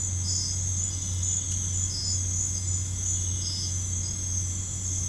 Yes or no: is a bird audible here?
no